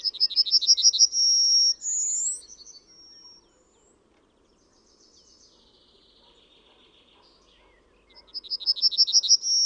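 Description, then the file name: Yellowhammer song: the end of a rapid repeated-note phrase with a sustained final note and a higher rising note, then quiet faint twittering before another fast series begins. "TRZNADEL"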